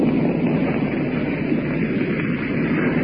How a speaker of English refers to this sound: Now the darkness has come on us. These planes you hear overhead now.